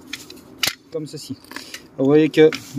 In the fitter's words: et vous venez le mettre en clipsant, s'il n'est pas bien centré, pardon,